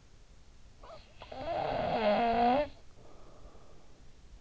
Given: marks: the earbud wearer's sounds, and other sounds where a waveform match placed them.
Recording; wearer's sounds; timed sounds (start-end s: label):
sounds in sleep by an in-ear microphone; snoring breath
0.38-4.41 s: snoring breath